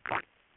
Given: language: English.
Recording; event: throat vibration sensor signal played as sound; swallow